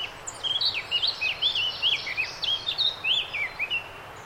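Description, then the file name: Eurasian blackcap song, a continuous run of clear, fluty, slurred whistles that rise and fall in quick succession for the whole four seconds, over light background hiss. "Sylvia atricapilla"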